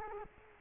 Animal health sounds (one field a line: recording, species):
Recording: mosquito wingbeat signal from an infrared sensor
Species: Culex quinquefasciatus